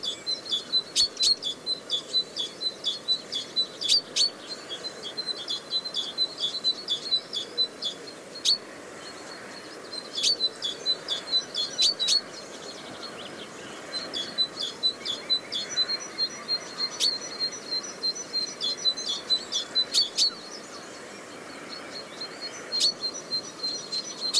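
Sounds of the coastal dunes at Studland Nature Reserve: a steady, rapid chirping pulses high and thin through the whole clip, with sharp ticks every few seconds. A soft, constant low rush runs underneath without a break.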